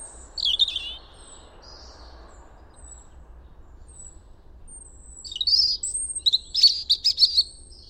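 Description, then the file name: European robin phrases, a high thin phrase near the start and a burst of sharp high twittering notes toward the end, with quiet pauses between. "Erithacus rubecula"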